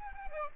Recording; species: mosquito wingbeat signal from an infrared sensor; Aedes aegypti